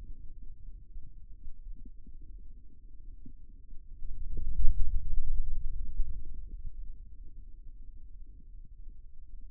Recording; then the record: forearm muscle sounds (acoustic myography)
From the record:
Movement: ulnar deviation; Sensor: system 2, bracelet of six BSWA MPA416 microphones around the upper forearm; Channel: 2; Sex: male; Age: 22 years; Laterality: right